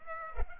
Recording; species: mosquito wingbeat signal from an infrared sensor; Culex pipiens